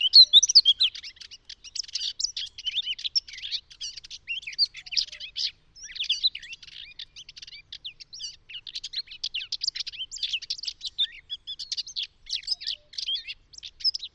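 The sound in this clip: Eurasian Blackcap song: a long, rapid, scratchy warble of chattering high notes running almost without pause, with brief breaks and no other sounds.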